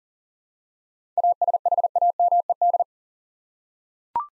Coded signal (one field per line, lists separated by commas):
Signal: Morse code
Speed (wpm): 40 wpm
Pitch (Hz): 700 Hz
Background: none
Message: ASHAMED